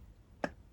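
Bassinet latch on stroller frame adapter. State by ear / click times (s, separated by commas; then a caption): released / 0.4 s. A side release button on the stroller frame adapter is pressed hard to take off a Bee 6 bassinet (carrycot). A single sharp click sounds at 0.4 s as the bassinet side latch clicks open. The latch is released.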